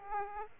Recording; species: mosquito wingbeat signal from an infrared sensor; Aedes aegypti